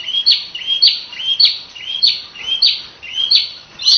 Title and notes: Suara Kicau Burung Prenjak Lengkap dan Ngerol